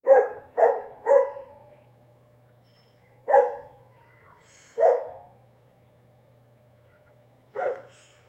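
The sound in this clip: Dog barking: a quick burst of three barks, then single barks spaced a second or more apart, six in all, with a faint low hum underneath.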